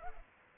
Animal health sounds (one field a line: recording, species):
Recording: mosquito wingbeat signal from an infrared sensor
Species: Culex pipiens